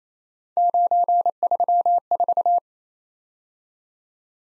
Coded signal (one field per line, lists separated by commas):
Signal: Morse code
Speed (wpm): 27 wpm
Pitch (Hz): 700 Hz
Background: none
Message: 934